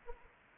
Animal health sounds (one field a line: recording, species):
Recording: mosquito wingbeat signal from an infrared sensor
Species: Anopheles arabiensis